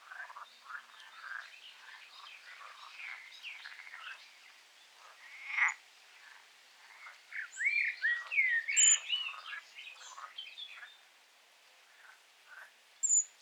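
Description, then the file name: Eurasian blackcap song: a soft, scratchy warble running on, broken by several louder, clearer phrases in the second half. "Sylvia atricapilla"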